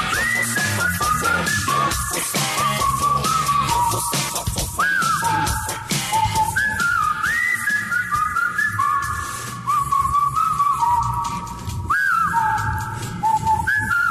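A bright whistled melody rises and falls in short repeated phrases, riding loud over a full rock band with driving drums and guitars, with no singing.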